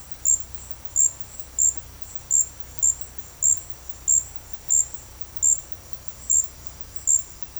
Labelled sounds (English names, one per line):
none